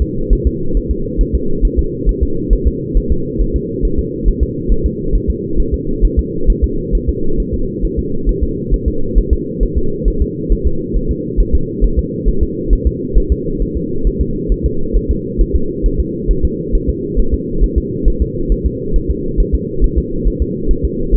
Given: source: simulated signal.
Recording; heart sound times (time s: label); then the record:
fetal heart sounds
0.02 s: S2
0.33 s: S1
0.47 s: S2
0.77 s: S1
0.91 s: S2
1.21 s: S1
1.35 s: S2
1.65 s: S1
1.79 s: S2
2.09 s: S1
2.23 s: S2
2.53 s: S1
2.67 s: S2
2.97 s: S1
3.12 s: S2
3.41 s: S1
3.56 s: S2
3.85 s: S1
3.99 s: S2
4.28 s: S1
4.43 s: S2
4.72 s: S1
4.86 s: S2
5.15 s: S1
5.30 s: S2
5.60 s: S1
5.74 s: S2
6.04 s: S1
6.19 s: S2
6.50 s: S1
6.64 s: S2
6.95 s: S1
7.09 s: S2
7.40 s: S1
7.54 s: S2
7.85 s: S1
7.99 s: S2
8.29 s: S1
8.43 s: S2
8.74 s: S1
8.88 s: S2
9.18 s: S1
9.33 s: S2
9.63 s: S1
9.77 s: S2
10.08 s: S1
10.22 s: S2
10.52 s: S1
10.67 s: S2
10.96 s: S1
11.11 s: S2
11.40 s: S1
11.55 s: S2
11.84 s: S1
11.99 s: S2
12.28 s: S1
12.43 s: S2
12.73 s: S1
12.87 s: S2
13.17 s: S1
13.32 s: S2
13.62 s: S1
13.77 s: S2
14.07 s: S1
14.21 s: S2
14.52 s: S1
14.66 s: S2
14.96 s: S1
15.11 s: S2
15.41 s: S1
15.56 s: S2
15.86 s: S1
16.00 s: S2
16.31 s: S1
16.45 s: S2
16.75 s: S1
16.89 s: S2
17.19 s: S1
17.34 s: S2
17.64 s: S1
17.78 s: S2
18.08 s: S1
18.22 s: S2
18.52 s: S1
18.66 s: S2
18.96 s: S1
19.10 s: S2
19.40 s: S1
19.55 s: S2
19.84 s: S1
19.98 s: S2
20.27 s: S1
20.42 s: S2
20.71 s: S1
20.85 s: S2
21.15 s: S1
From the record:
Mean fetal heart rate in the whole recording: 135 bpm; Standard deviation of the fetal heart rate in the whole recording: 3 bpm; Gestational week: 36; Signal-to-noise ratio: -8.1 dB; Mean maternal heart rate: 72 bpm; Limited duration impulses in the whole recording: absent